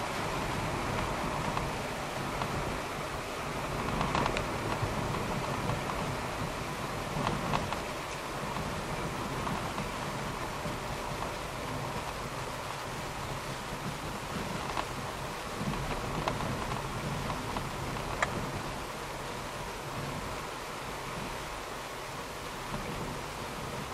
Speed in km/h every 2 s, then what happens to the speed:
65, 58, 59, 59, 54, 54, 51, 51, 49, 49, 49, 49.
4-12 slows to 51. 12-24 steady at about 49.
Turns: none.